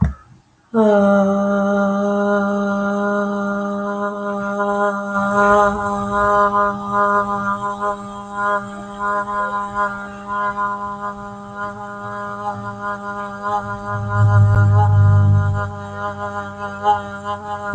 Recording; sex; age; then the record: vowel held as long as possible; female; 20 to 29 years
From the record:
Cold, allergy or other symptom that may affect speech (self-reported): no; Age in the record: 28 years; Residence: United States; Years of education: 14